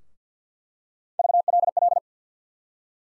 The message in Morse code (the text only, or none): VLL